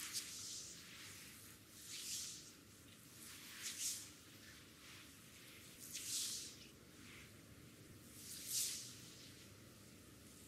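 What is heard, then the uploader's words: A dry brush sweeps over skin in slow, bristly strokes, each a soft hissing rasp that swells and fades. Strokes come about every two seconds, near 0.5, 2, 4, 6 and 8.5 seconds, over a steady low rustle between them. ASMR full body massage with dry brush. Back, foot, neck massage.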